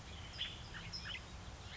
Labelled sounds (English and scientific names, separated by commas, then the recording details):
California Towhee (Melozone crissalis)
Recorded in Sonoma County, California